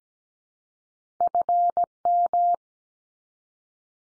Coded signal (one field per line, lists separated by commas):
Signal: Morse code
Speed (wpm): 17 wpm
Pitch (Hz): 700 Hz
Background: none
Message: FM